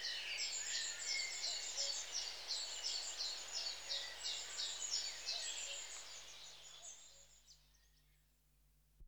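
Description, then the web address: Long-tailed tit calls, a fast run of thin high twittering notes and short buzzy trills, fading out toward the end. "BBC Sound Effects Library. Long Tailed TIT"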